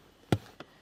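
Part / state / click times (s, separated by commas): floor mat grommet onto vehicle floor retention hook / seated / 0.3 s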